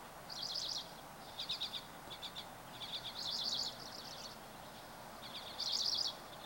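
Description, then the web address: Birds chirping in quick, stuttering clusters with louder buzzy trilled bursts near the start, middle and end, over light background hiss. Recorded 24 April 2023. "starlog birds 20230424"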